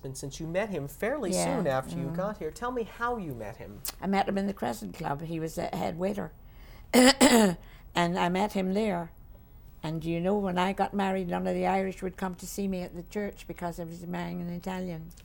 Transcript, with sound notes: ...since you met him fairly soon after you got here, tell me how you met him?
I met him in the Crescent Club. He was the head waiter. (she clears her throat) And I met him there. And do you know when I got married none of the Irish would come to see me at the church because I was marrying at Italian.